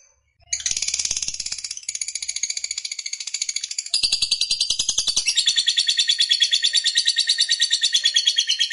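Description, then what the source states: Lovebird starting after a brief pause with an intense, unbroken, high-pitched chattering song of rapid pulses that changes tone twice and grows louder partway through. Fighter-type lovebird singing energetically in the gacor style.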